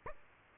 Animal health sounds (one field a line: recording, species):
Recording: mosquito wingbeat signal from an infrared sensor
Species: Aedes aegypti